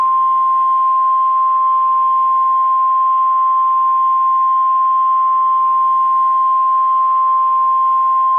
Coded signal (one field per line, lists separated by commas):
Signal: Emergency Alert System (SAME) tones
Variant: 1050 Hz attention tone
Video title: Sling TV EAS